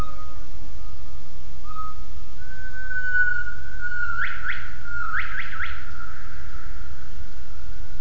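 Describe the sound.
Gibbon call: a long, steady whistled tone edging slightly upward, then a series of quick upward-swooping whoops, over a constant low rumble.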